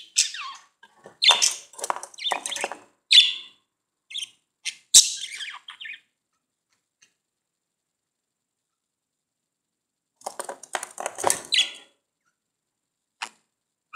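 Budgerigar chatter: quick clusters of scratchy chirps and clicks, then a long silence before a short final burst and a single tick.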